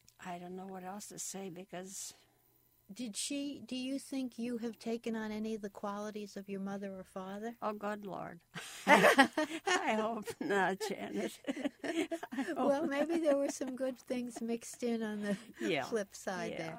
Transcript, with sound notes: I don't know what else to say, because –
Did she – do you think you have taken on any of the qualities of your mother or father?
Oh good lord! (They laugh) I hope not, Janet. I hope not.
Well, maybe there were some good things mixed in on the flip side, then.